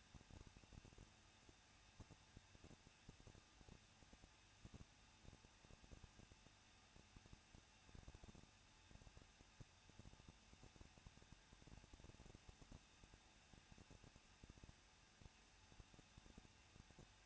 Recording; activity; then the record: daily activity, microphone in the room; no activity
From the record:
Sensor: 2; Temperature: 21.0 degrees Celsius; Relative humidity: 37.4%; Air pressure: 1006.2 hPa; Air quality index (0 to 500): 222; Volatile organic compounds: 24 ppm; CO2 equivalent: 2810 ppm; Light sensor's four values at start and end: 2/3/2/2 and 2/3/2/2